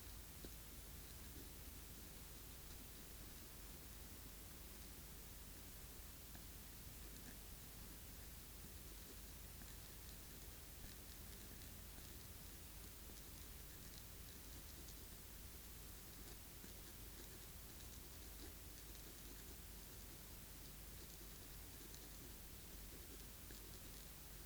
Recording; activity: daily activity, guitar pickup as the sensor; write